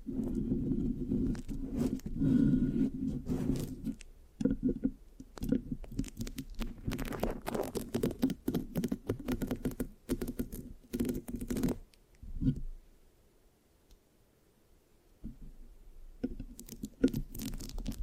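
Mic scratching with sticky, tacky crackles, dense and busy for the first twelve seconds with sharp clicks scattered through a low rumbling rub. Near the thirteenth second it thins to a quiet near-pause, then the scratching resumes more lightly toward the end.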